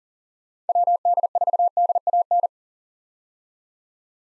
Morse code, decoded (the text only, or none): WD4DAN